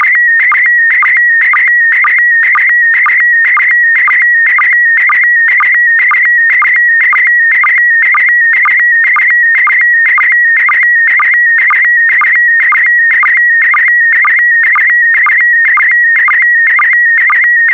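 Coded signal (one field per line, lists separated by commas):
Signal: SSTV (slow-scan television)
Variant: PD120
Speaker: complete you can now check your decoded image against the picture that is shown on the video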